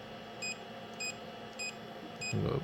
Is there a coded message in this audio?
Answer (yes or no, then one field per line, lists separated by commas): no